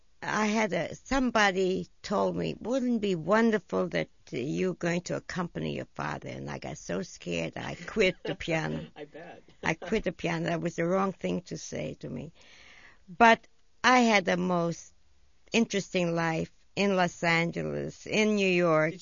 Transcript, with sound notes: I had a, somebody told me, "Wouldn't it be wonderful that you're going to accompany your father," and I got so scared I quit the piano.
(he laughs) I bet.
I quit the piano. That was the wrong thing to say to me. But I had the most interesting life in Los Angeles, in New York...